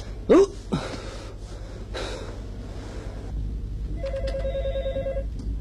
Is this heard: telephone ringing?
yes